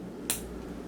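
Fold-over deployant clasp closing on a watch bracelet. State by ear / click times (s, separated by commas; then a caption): seated / 0.3 s. A single fold-over deployant clasp with two side push pins, on the steel bracelet of a Seiko SPB075 watch, is pressed closed. At 0.3 s it gives one short, sharp, bright snap over a quiet background. The clasp snaps securely into place.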